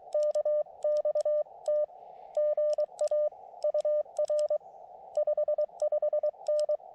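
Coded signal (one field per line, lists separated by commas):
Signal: Morse code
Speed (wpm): 24 wpm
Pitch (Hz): 1200 Hz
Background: none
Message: KXT GA UR 55N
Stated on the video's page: CW on a combined park and summit activation from an Elecraft KX2 with a BaMaTech TP-III key and AX1 vertical antenna on a tripod with two radials; contacts included England, Northern Ireland, Italy.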